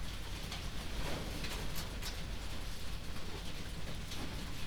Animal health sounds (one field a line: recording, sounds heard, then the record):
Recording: poultry house recording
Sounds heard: no chicken sound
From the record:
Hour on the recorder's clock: 21